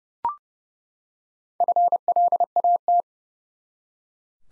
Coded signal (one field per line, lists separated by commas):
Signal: Morse code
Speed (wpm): 32 wpm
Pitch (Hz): 700 Hz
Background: none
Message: FLAT